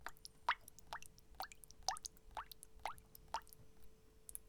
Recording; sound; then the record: sound for misophonia research; water drops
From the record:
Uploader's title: Tap water drips and streaks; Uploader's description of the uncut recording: I recorded this to reseash the sound of a water drop falling into a water container. I thought you might like this material as there is some nice stuff to cut out. Needs some denoising, but I decided to upload it in original shape. Captured with Zoom H2 @ 96kHz/24-bit normalized in Audacity.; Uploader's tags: kitchen, drops, sink, tap-water, water, pipes, bathroom